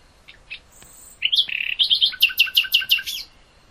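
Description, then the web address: Common nightingale singing: a few soft opening notes, then a fast series of repeated bright, ringing chirps for about two seconds before stopping. "hoeren nachtigall"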